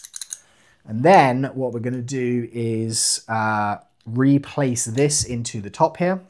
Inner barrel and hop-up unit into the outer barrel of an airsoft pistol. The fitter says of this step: And I'm just going to push forward, and that clicks in place. So that's now locked in.